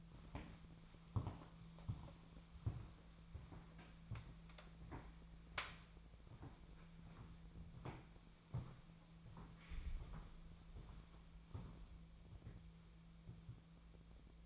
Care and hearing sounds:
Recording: daily activity, microphone in the room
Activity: walk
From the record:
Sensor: 1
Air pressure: 1008.3 hPa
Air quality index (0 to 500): 190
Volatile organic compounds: 17 ppm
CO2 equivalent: 2577 ppm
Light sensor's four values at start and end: 18/45/18/21 and 17/44/18/21

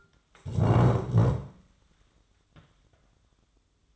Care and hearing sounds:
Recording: daily activity, microphone in the room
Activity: stand up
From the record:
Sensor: 3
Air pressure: 1005.1 hPa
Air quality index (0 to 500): 93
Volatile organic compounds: 3 ppm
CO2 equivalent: 1447 ppm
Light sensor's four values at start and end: 10/22/9/9 and 9/21/9/8

